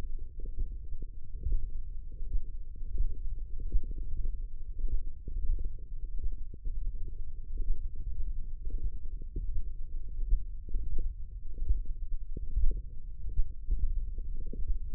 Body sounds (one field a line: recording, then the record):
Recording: forearm muscle sounds (acoustic myography)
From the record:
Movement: finger pinch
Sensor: system 1, eight BSWA MPA416 microphones around the upper forearm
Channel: 6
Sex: female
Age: 22 years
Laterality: right